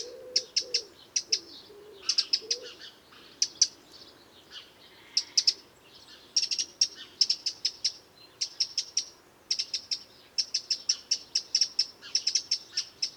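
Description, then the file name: Eurasian wren calls: dry clicking ticks in quick rattling clusters with short pauses, continuing throughout. "Troglodytes troglodytes"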